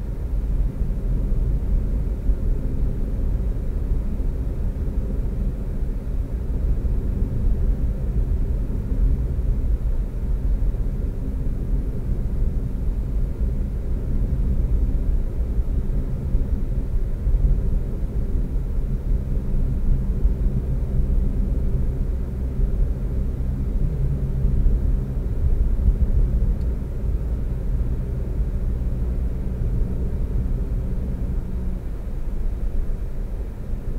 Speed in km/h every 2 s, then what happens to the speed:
55, 56, 56, 55, 53, 50, 52, 53, 52, 53, 56, 60, 63, 64, 66, 69, 69.
0-17 steady at about 53. 17-31 speeds up to 69.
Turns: none.